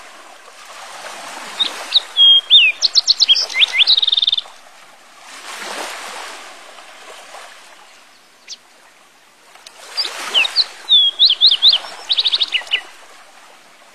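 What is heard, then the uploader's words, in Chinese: Waves wash in at night, broad soft surges rising and falling around 1–3, 5–7 and 10–12 seconds. Over them a bird sings two bright, quick phrases of whistles and rapid trills, near 2–4 and 10–13 seconds, with a single sharp chirp near 8.5 seconds. 夜晚海浪+鸟鸣。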